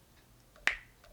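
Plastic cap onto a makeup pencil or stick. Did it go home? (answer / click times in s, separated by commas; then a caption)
yes / 0.7 s. A plastic cap is twisted onto a makeup pencil or stick, and it clicks shut, seated, at 0.7 s with a sharp, bright snap. Two faint softer ticks from the twisting come at about 0.6 s and 1.0 s. No one talks in the clip.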